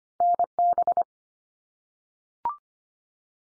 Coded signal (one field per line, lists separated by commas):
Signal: Morse code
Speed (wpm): 25 wpm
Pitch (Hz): 700 Hz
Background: none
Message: NB